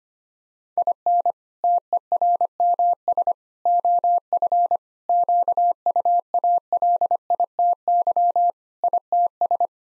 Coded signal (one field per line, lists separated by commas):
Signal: Morse code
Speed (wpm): 25 wpm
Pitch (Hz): 700 Hz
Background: none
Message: IN TERMS OF QUALITY ITS